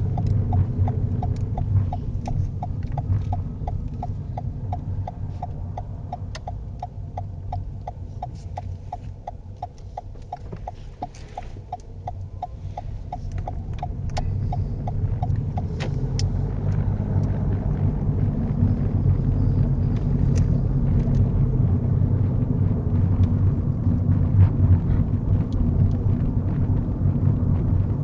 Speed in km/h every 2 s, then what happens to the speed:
16, 11, 8, 5, 5, 8, 13, 19, 27, 31, 32, 32, 32, 31.
0-6 slows to 5. 9-19 speeds up to 32. 19-28 steady at about 32.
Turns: none.